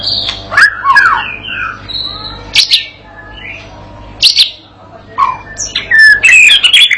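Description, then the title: White-rumped shama song in separate bursts: sharp clicks, scratchy chatters and short pure whistles, with brief pauses between phrases. Provoking training song used to teach a young shama to sing persistently; said to make the bird answer straight away. "MURAI BATU PAUD BELAJAR GACOR, AJARI DENGAN MASTERAN PANCINGAN INI, PANCING LANGSUNG NYAUT"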